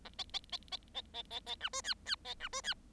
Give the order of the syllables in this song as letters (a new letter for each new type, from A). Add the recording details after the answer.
A B B B B B B B B C D E E B C D E. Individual Bird7